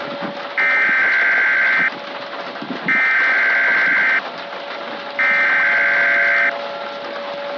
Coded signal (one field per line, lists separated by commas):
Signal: Emergency Alert System (SAME) tones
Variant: header bursts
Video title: The NYC Hailstorm - EAS Mock